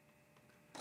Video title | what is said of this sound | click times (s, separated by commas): Step by Step Anderson PowerPole Installation on DC Power Connector | when you when you do it you'll hear a click click and then what happens is the tongue | 0.8 s